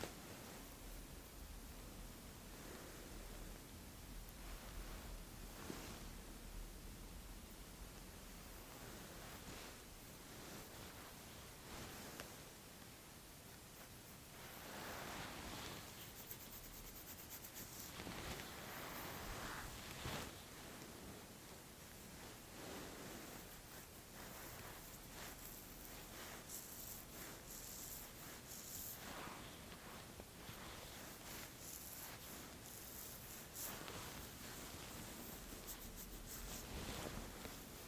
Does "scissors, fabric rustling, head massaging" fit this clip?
yes